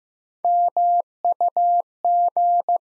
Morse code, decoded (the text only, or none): MUG